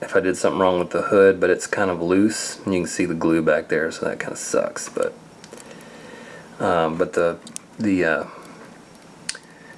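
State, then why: Seated. Someone talks while a plastic engine piece for a 1:64 M2 Machines 1956 Ford F100 Tow Truck model kit (die-cast/plastic) is pressed into the truck's chassis. A single sharp snap is heard at 9.3 s as the engine seats into the chassis.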